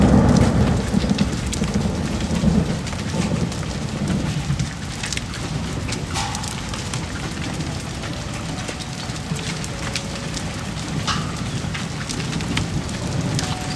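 Steady, dense rain patters throughout with a low rumble underneath, heaviest early on, while faint bird calls chirp briefly near six, eleven and thirteen seconds.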